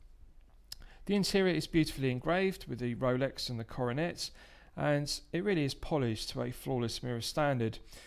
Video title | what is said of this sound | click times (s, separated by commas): Rolex Submariner Date 116610LN 4K Watch Review | easy to open nice positive click and it also has a nice trigger action as you can see to the glide lock itself | 0.7 s